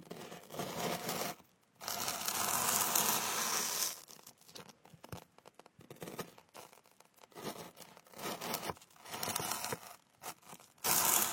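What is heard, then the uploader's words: Cutting fruit and picking ears: rough tearing, crinkling bursts sound in long, bright rips near the start, then give way to scattered short snaps and scrapes. Around the nine- and eleven-second marks the louder ripping returns, separated by brief silences. Cutting fruits and picking ears.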